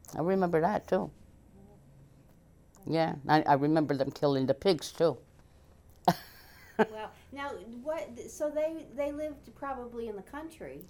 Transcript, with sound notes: I remember that, too. Yeah. And I remember them killing the pigs, too. ( she laughs )
Well, now, what, so they, they lived probably in the country.